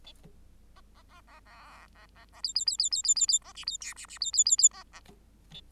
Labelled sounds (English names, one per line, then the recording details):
Bengalese Finch song
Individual Bird8